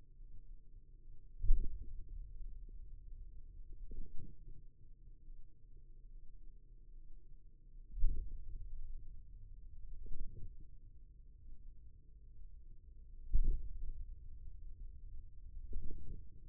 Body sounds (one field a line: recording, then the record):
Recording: forearm muscle sounds (acoustic myography)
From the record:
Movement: hand opening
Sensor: system 2, bracelet of six BSWA MPA416 microphones around the upper forearm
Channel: 3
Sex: male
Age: 22 years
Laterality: right